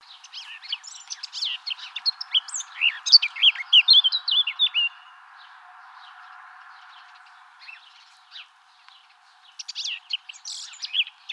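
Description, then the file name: Eurasian blackcap song: a fast, varied warble of squeaky and whistled notes for about five seconds, a pause, then a shorter burst of chattering notes. "Sylvia atricapilla"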